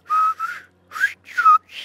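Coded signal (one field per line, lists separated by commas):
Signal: whistled language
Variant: Silbo Gomero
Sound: four or five short loud whistled syllables, pitch gliding up and down, with pauses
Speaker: The Gomeros' whistling language, El Silbo, is also used.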